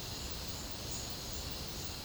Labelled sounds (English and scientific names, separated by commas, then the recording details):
none
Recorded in pastures near Puerto Asís, Putumayo, Colombia, on 29 June 2025 at 11:00
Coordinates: 0.496, -76.326
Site GP01